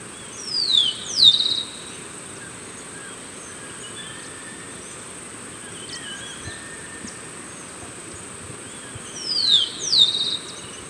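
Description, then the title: Bird song: paired, high, downward-slurred whistled notes, given at the start and again near the end, over a steady background hiss and a thin constant tone. "LuckyPassaro Completos2Sama"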